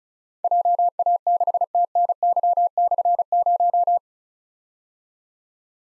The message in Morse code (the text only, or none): JA6TNY/0